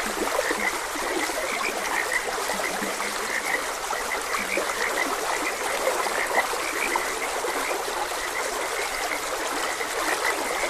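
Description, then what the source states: Frogs croaking in a steady chorus, mid-pitched notes repeating rapidly, with a few deeper croaks beneath, over the constant rushing hiss of flowing water. Frogs croaking beside a gentle stream.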